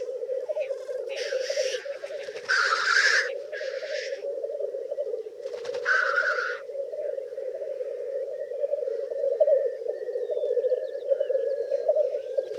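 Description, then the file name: Black grouse calling: a steady low bubbling coo runs throughout, broken by four harsh hissing, sneeze-like bursts in the first seven seconds. "Black Grouse (Tetrao tetrix)"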